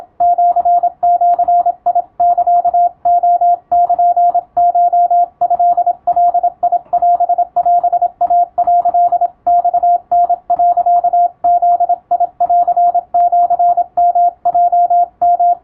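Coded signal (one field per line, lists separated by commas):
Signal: Morse code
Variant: Japanese Wabun code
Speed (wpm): 26 wpm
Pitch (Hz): 700 Hz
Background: radio noise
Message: シジサレルコトガオオイ」 マタ、ブンシヨヲヨ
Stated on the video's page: Morse receiving practice for radiotelegraph operators, using typing-speed test practice texts as material.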